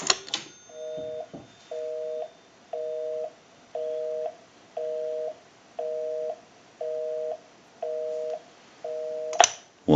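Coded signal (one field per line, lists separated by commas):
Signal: telephone call progress tone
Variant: North America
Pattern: busy tone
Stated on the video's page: Heard on a Western Electric 202 telephone with bell box during its initial checkout and repair conversion.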